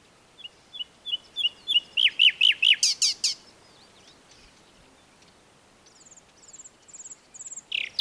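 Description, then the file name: Common nightingale song: evenly spaced down-slurred notes speeding into loud repeated notes and a buzzy flourish, then quiet high notes building again. "Luscinia megarhynchos"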